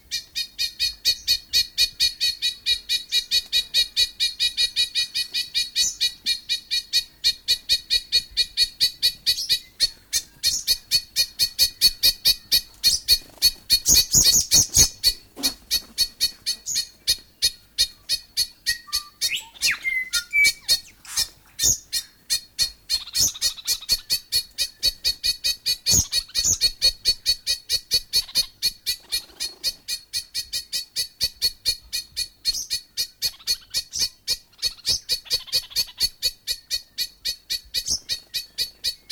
Bellbird/korimako adult alarm call.